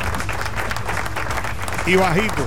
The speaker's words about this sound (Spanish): ¿Dónde es que están los aplausos que no los puse en cue? Están aquí ahora que suenan los aplausos.